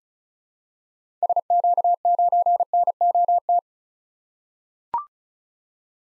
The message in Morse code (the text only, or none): SQ9NOT